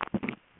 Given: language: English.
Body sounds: throat vibration sensor signal played as sound; swallow

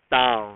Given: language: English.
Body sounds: throat vibration sensor signal played as sound; speech

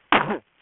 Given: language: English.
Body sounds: throat vibration sensor signal played as sound; cough

